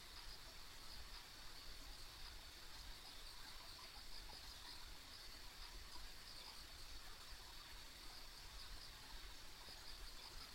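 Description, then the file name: Insect chorus, continuous high trilling band with scattered short chirps, set against steady hissing background noise and low rumble. Ambient insect sounds recorded along a country road. "田舎道の虫の環境音"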